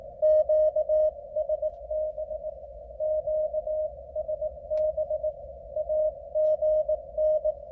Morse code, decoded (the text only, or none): QSB QSB AGN